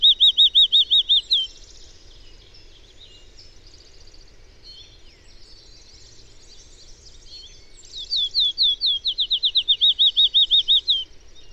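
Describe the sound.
Bird song: two fast trilled phrases of high repeated notes, one at the start and one near the end, with quiet twittering between.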